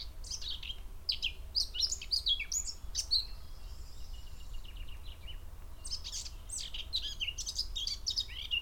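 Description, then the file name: Eurasian blackcap song: hurried scratchy warbling phrases, a softer trill in the middle, then another energetic burst of chirping notes. "Sylvia atricapilla"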